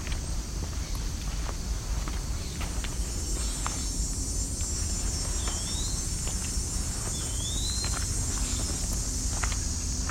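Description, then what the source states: Eastern wood-pewee: two thin, slurred whistles rising at the end, in the second half, beneath footsteps, a low rumble and a steady high insect hiss. Heard again on a nature walk.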